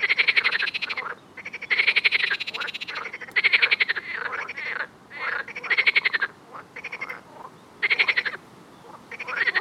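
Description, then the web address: Frogs giving loud, grating pulsed croaks in bursts of up to a second, alternating with quieter overlapping calls from other frogs. "Soundscape Frog 1"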